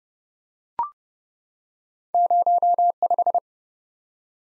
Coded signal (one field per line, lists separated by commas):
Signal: Morse code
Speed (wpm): 30 wpm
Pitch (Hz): 700 Hz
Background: none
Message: 05